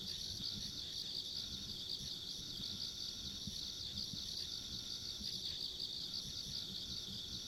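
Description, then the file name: Insects in a steady high chorus, shimmering pulses blending into one continuous trill, with a faint higher overtone and a low rumble underneath. Ambient insect sounds recorded along a country road. "田舎道の虫の環境音"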